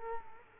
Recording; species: mosquito wingbeat signal from an infrared sensor; Culex quinquefasciatus